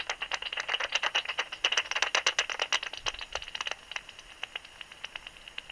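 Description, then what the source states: Bat calls as a fast train of dry clicks, several per second, loud at first and fading away after about four seconds. Recorded 27 August 2002.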